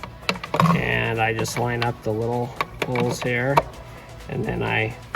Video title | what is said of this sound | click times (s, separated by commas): Tail light Bulbs Removal and Replacement | push it back in till it clicks in | 0.3 s